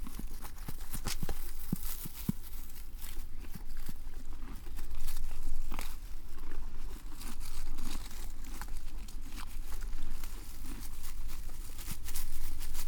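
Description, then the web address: Horse chewing, with steady crunching and tearing bites in a rapid, uneven rhythm, some sharper crackles, over a low rumbling background. Horse eating grass and hay. "Horse Eating Grass Hay. horse eating grass ambience"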